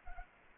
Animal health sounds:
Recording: mosquito wingbeat signal from an infrared sensor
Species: Anopheles arabiensis

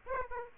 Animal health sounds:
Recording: mosquito wingbeat signal from an infrared sensor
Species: Aedes aegypti

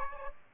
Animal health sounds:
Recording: mosquito wingbeat signal from an infrared sensor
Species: Aedes aegypti

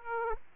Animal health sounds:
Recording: mosquito wingbeat signal from an infrared sensor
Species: Aedes aegypti

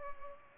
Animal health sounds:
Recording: mosquito wingbeat signal from an infrared sensor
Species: Culex pipiens

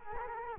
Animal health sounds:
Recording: mosquito wingbeat signal from an infrared sensor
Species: Culex quinquefasciatus

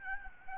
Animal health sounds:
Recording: mosquito wingbeat signal from an infrared sensor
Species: Aedes albopictus

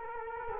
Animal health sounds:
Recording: mosquito wingbeat signal from an infrared sensor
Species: Culex quinquefasciatus

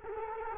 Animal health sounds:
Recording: mosquito wingbeat signal from an infrared sensor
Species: Culex quinquefasciatus

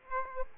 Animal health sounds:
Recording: mosquito wingbeat signal from an infrared sensor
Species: Aedes aegypti

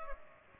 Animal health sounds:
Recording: mosquito wingbeat signal from an infrared sensor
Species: Culex pipiens

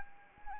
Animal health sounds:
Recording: mosquito wingbeat signal from an infrared sensor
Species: Anopheles arabiensis

